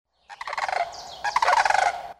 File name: Sandhill Crane